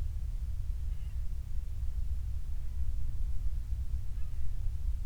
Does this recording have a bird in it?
no